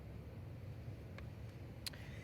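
A rubber grommet is pushed into a mounting hole in the engine bay of a 2016 F-150 3.5 EcoBoost during a UPR dual valve catch can install; its front edge had curled under, so it is worked until the flange pops into place. Over a steady low rumble, a faint tick at 1.2 s is followed by a sharp pop at 1.9 s as the grommet seats.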